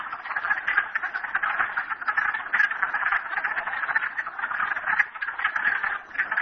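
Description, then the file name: Frogs chorusing, a constant wash of fast pulsed croaks and trills, gently rising and falling in intensity. Recorded at Merryspring. "frogs merryspring 42008"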